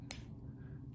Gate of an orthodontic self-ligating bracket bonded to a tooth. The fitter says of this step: and it pops open just like that